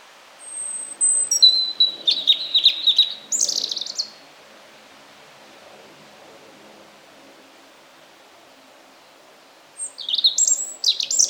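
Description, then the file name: European robin song: a thin, sustained high whistle slides into rapid tinkling trills and twittering notes; after a long pause, another bright, jumbled phrase starts. "Erithacus rubecula"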